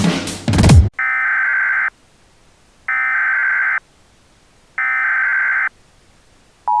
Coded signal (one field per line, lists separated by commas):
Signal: Emergency Alert System (SAME) tones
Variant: header bursts